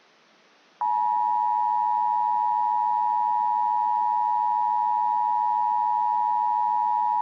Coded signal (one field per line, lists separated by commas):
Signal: Emergency Alert System (SAME) tones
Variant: 853 and 960 Hz attention tone